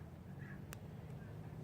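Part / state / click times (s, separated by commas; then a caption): click-type torque wrench on a scooter cylinder head bolt / not seated / none. A Husky click-type torque wrench tightens a cylinder head bolt on a GY6 SSP-G 180cc scooter top-end fitted with a Taida 232 2V head. Over a steady low hum, a single brief sharp tick sounds at 0.7 s. The wrench has not clicked yet, so the torque setting has not been reached.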